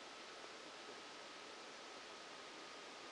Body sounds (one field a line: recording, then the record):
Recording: brain microelectrode recording played as sound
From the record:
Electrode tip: outside the subthalamic nucleus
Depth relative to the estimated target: -10 mm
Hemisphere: left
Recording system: NeuroSet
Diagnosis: Parkinson's disease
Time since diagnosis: 14 years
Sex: male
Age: 51 years